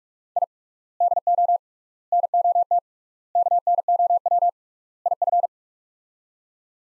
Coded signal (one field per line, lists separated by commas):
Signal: Morse code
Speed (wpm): 47 wpm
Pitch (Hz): 700 Hz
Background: none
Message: I DO NOT KNOW IF